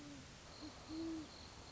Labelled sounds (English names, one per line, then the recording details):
Great Horned Owl
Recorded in Sonoma County, California